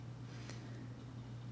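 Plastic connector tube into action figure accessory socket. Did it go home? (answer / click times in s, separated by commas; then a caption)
yes / 0.5 s. A plastic connector tube for the figure's sonic gun is pressed into its socket at the bottom of the accessory. It seats with one short, sharp click at 0.5 s over a steady low hum.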